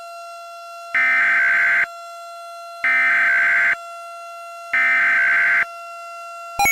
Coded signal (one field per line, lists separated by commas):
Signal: Emergency Alert System (SAME) tones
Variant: header bursts